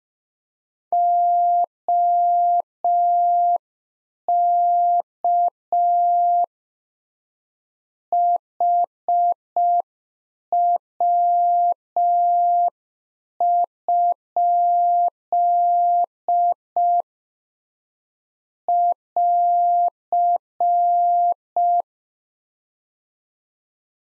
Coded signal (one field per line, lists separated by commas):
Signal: Morse code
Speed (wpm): 5 wpm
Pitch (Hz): 700 Hz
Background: none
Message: OK HW? <AR>